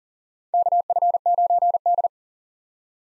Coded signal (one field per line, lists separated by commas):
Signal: Morse code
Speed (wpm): 39 wpm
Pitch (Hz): 700 Hz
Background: none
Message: KF9D